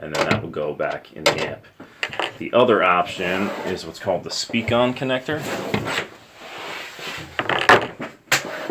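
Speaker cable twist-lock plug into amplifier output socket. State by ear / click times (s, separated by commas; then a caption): seated / 8.3 s. Someone talks while a Speakon-type twist-lock speaker cable plug is pushed into an amplifier's output socket and twisted, with a few short handling clicks just before. It snaps and locks in place at 8.3 s.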